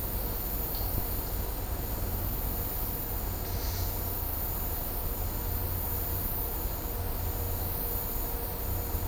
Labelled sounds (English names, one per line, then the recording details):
none
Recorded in dense forest near Puerto Asís, Putumayo, Colombia, on 26 December 2024 at 14:00
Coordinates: 0.503, -76.323
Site G043